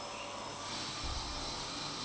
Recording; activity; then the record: daily activity, microphone in the room; vacuum cleaning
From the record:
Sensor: 1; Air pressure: 1011.9 hPa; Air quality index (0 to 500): 239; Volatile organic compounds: 6 ppm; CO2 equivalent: 1899 ppm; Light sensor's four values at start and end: 9/21/8/9 and 9/21/8/9